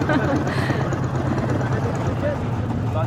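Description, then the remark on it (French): A boat's engine runs in reverse after the boat got stuck in the sand of a shallow bottom, giving a steady, low, throbbing drone that holds an even loudness for about three seconds, with faint voices murmuring beneath it. “Et tout le monde a un peu tangué et maintenant on fait marche arrière.”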